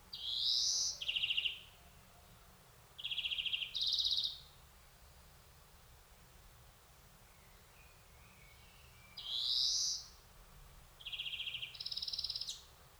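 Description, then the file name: European greenfinch singing in bursts: buzzy rising wheezes and rattling trills, separated by pauses of several seconds. "Chloris chloris"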